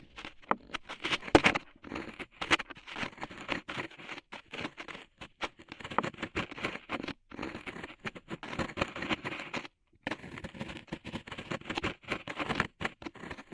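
Ear cleaning with rhinestones and clay being picked away: dense, crackly scratching and sticky tapping in rapid bursts of uneven loudness. Brief pauses break the flow around seven and ten seconds, then the busy crinkling patter resumes to the end.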